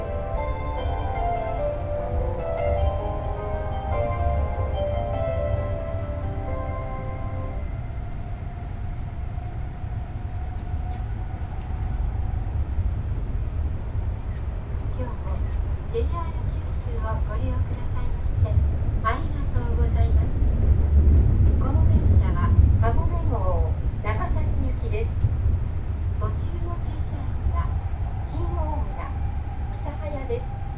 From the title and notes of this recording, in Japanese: 西九州新幹線かもめ25号武雄温泉→長崎。嬉野温泉駅は通過なので、停車駅は新大村、諫早、長崎の３つです。